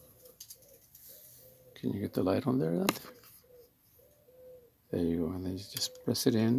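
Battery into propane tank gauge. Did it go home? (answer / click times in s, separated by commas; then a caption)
no / none. A battery is being handled and pressed toward the battery compartment of a Flame King propane tank gauge unit, with faint handling taps near 0.4, 0.5 and 0.9 s. Someone talks, while a soft, repeated tone around 500 Hz recurs in the background. The clip ends before the part goes home, so nothing has seated or clicked yet.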